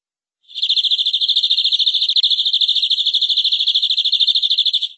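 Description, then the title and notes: Canary song: a single long, rapid rolling trill, even and high-pitched, sustained for over four seconds. "BM Suara Kenari. BM Suara Burung Kenari"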